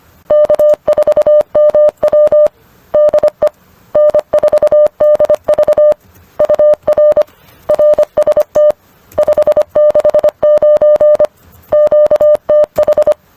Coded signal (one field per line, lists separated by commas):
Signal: Morse code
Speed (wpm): 25 wpm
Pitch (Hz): 600 Hz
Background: none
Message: K4MW DE N4DV UR RST 569 QTH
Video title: Training for QSO Protocols and Scripts #morse #morsecode #morsecodepractice